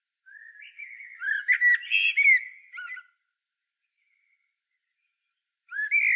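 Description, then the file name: Common blackbird song phrase, low rich flutes running into higher squeaky notes, silence, then the start of a new phrase. "Turdus merula"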